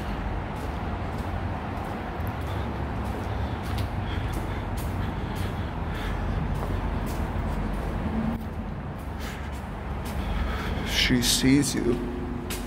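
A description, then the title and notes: A steady low traffic-like rumble fills a graffiti tunnel, with occasional brief clicks, faint voices, and a brighter tonal sound near the end. Graffiti Tunnel In Downtown Rochester Michigan. Exploring an extremely long graffiti tunnel in Rochester Michigan.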